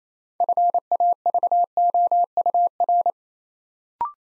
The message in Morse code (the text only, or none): FAVOUR